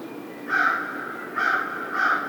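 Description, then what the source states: American crow giving three harsh, hoarse caws spaced under a second apart. Recorded 2010-02-01.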